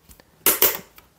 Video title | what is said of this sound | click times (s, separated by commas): MiniCity Beyond Library Book Nook Complete Build & Review (Extended Version) | you can hear it popping so it's definitely not going anywhere | 0.5 s, 0.6 s